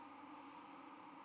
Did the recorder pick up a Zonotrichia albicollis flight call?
no